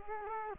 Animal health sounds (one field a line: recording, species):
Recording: mosquito wingbeat signal from an infrared sensor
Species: Culex quinquefasciatus